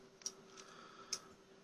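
The plastic arm sections of a Cyberverse Legion Beast Hunters Smokescreen transforming robot toy are rotated so a small peg can snap in underneath the windshield section. Light plastic ticks are heard near 0.3 s and 1.1 s, with a fainter one around 0.6 s. Nothing has seated or snapped into place yet.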